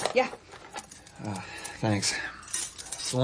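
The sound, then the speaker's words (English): Apartment keys jangle in short metallic clinks and rattles as voices exchange a few brief words over them. “Found I'd lost the apartment keys.”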